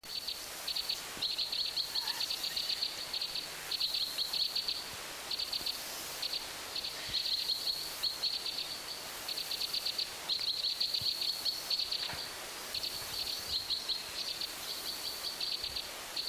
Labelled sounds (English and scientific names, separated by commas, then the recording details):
Two-barred Crossbill (Loxia leucoptera) call
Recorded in the wild
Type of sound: call
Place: Yoho National Park, Rocky Mountains, British Columbia, CA
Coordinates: 51.4433, -116.542
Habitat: coniferous forest
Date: 1991-09-19 12:55
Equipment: Sony WM-D6C, Sony ECM-939 LT (Stereo), Kopie Uher 4400 IC
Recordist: Frommolt, Karl-Heinz
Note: Lake Emerald: Rufe